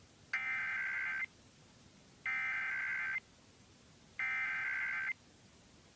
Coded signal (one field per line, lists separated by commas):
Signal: Emergency Alert System (SAME) tones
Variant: header bursts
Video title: Iowa Required Monthly Tests (EAS #112 & Live stream EAS)